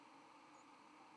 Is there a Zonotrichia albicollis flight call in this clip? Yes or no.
no